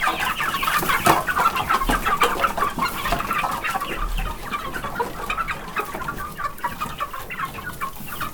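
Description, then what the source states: Chicken chicks peeping in a busy chorus, many high chirps overlapping continuously, louder in the first few seconds. Chicks of the Hungarian hen breed in a farmyard, being shut in and let out.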